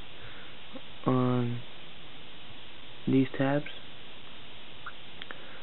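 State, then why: Seated. Someone talks while folding the plastic wing tabs on a Transformers Prime R.I.D. Soundwave transforming robot toy up all the way. Two sharp clicks at 5.2 s and 5.3 s mark the tabs locking into place on the toy's body.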